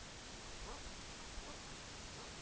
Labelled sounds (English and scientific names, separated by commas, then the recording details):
Brent Goose (Branta bernicla)
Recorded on Arctic tundra, site EABA-MC, on 22 June 2019
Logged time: 18:00